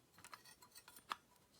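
An old incandescent bulb is reinserted into the socket of an American Optical Spencer 735 100-watt microscope lamp and turned until it locks, which it had not been before. A few light scraping ticks come as it twists, then a sharp click at 1.1 s as it locks into place. Its filament now sits vertically aligned.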